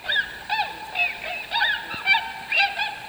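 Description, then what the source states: Tundra swans calling, a series of clear, slightly quavering honking whoops, several birds overlapping about twice a second. Flocks in flight over the Upper Mississippi River in November; thousands land to feed and loaf in shallow backwaters.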